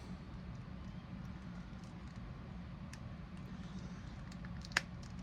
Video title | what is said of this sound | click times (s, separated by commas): This is my review of the Alex J. Murphy figures from Robocop by NECA | all right that pops into place no issues with that | 4.8 s